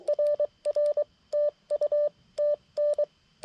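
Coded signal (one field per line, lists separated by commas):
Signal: Morse code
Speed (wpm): 23 wpm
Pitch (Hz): 590 Hz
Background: none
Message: RR TU TN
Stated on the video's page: CW POTA park activation, with contacts on 60m and 80m.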